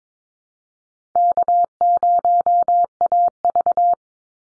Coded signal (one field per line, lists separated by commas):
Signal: Morse code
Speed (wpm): 22 wpm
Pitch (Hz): 700 Hz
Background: none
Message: K0AV